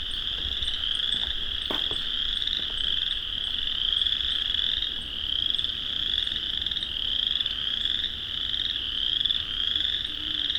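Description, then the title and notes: Chorus frogs forming an unbroken chorus of rapid pulsed trills, many callers overlapping into a constant shrill drone with a few faint clicks behind. Thousands, perhaps tens of thousands, of chorus frogs in Vinemount Swamp on a spring walk at dusk; frogs use calls to establish territory. "An Evening With Chorus Frogs. Tonight we'll be taking dusk spring walk through the Vinemount Swamp, and will hear thousands, maybe tens of thousands, of chorus frogs. Rob Porter. Songbirding"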